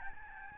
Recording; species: mosquito wingbeat signal from an infrared sensor; Aedes albopictus